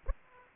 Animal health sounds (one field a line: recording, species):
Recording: mosquito wingbeat signal from an infrared sensor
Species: Aedes aegypti